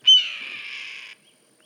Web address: sound red-tailed-hawk. صدای-عقاب-دم-قرمز